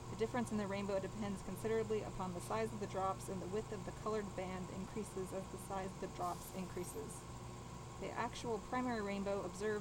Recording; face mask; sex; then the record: reading aloud; surgical mask; female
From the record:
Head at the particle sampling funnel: tilted down, bridge of the nose in front of it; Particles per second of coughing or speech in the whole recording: 0.813